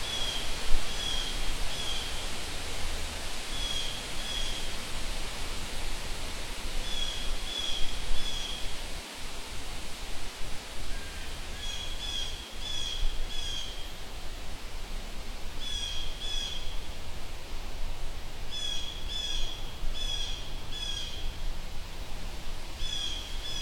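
Flowing water in a forest makes a steady, even rush that fills the whole clip without letting up. A bird repeats short, high, bright phrases every few seconds, clearly audible over the water. There are small rustles underneath.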